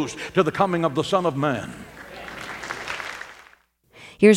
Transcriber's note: soundbite of cheers, clapping